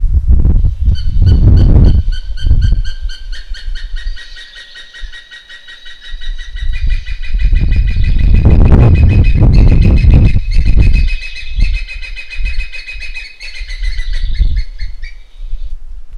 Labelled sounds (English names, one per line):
Hemprich's Hornbill